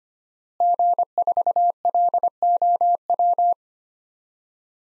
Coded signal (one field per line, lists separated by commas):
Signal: Morse code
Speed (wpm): 25 wpm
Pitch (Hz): 700 Hz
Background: none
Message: G4LOW